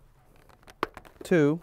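A plastic clip on a helmet cheek pad is pressed into the helmet shell, the second of three clips, and it snaps into place with a sharp click at 0.8 s. Faint rustling and small ticks come before it, and someone talks at the end. The clip is seated.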